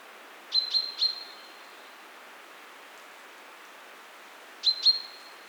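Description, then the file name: Common chaffinch calls: a quick burst of three short, high, even-pitched notes, then two more similar notes about four seconds later, over quiet background hiss. "Fringilla coelebs"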